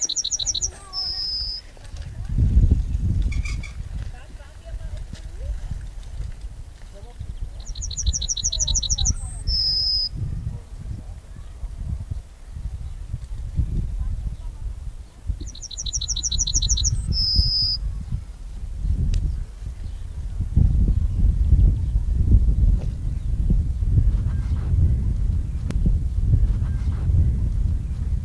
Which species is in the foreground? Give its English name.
Yellowhammer